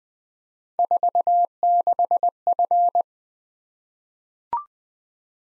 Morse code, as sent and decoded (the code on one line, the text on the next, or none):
....- -.... ..-.
46F